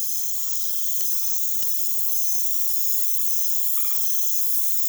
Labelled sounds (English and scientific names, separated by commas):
none